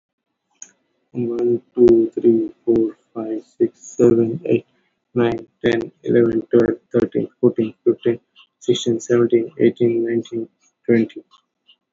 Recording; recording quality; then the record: counting at a normal pace; excellent, no background noise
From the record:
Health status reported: COVID-19 positive, mild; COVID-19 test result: positive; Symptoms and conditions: breathing difficulty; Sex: male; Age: 39 years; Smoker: not ticked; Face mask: not worn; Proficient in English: yes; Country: India